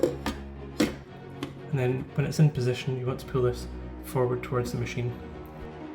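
A filled plastic water reservoir is set onto the back of a capsule coffee machine and handled into position to be pulled forward towards the machine, with brief knocks near 0.3, 0.8 and 1.4 seconds while someone talks over background music. Nothing has seated or clicked yet.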